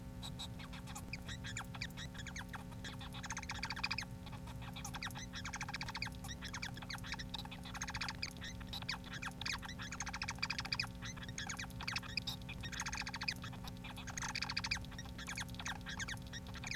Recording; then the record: song of a male Bengalese finch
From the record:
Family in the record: son of father 4